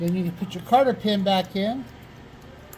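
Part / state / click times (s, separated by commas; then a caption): retaining clip into shower valve body / not seated / none. A metal retaining clip (a "carter pin") is being pushed back into a shower valve body to lock the cartridge down, while someone talks. The speech runs until about 1.9 s, then only faint handling noise remains, with a small sharp tick near 2.7 s. Nothing has seated or clicked yet.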